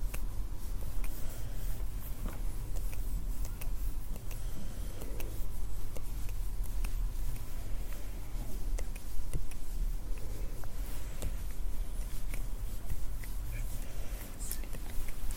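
Hands move and rub in a dense, layered texture that never lets up, with frequent sharp clicks and taps scattered throughout. A steady low rumble sits underneath, and soft brushing swells rise briefly around four and ten seconds.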